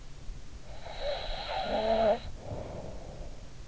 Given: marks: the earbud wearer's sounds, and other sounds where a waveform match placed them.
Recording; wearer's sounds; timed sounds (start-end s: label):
sounds in sleep by an in-ear microphone; snoring breath
0.70-3.56 s: snoring breath